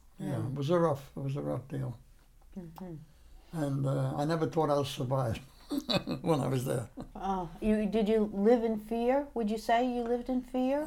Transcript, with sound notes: Yeah, it was a rough—it was a rough deal.
Uh-hmm.
And I never thought I'll survive [chuckles] when I was there.
Oh. You—did you live in fear? Would you say you lived in fear?